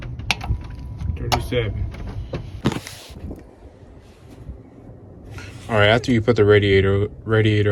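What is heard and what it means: A click-type torque wrench set to 37 ft-lb tightens a belt tensioner bolt on an engine block during a water pump replacement, and its sharp click sounds at 0.3 s as the bolt reaches torque. Softer metallic knocks and clatter follow, then someone talks.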